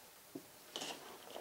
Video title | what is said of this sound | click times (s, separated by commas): RV Rental Orientation - 2015 Winnebago Minnie Travel Trailer | push it in until you hear it clip. | 0.8 s